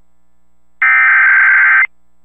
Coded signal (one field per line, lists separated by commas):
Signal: Emergency Alert System (SAME) tones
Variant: header bursts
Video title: Tornado Warning | EAS #432